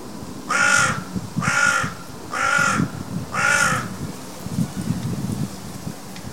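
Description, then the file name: Carrion crow giving four harsh, hoarse caws about a second apart, each broad and grating, over a low rumbling background. "Corvus corone"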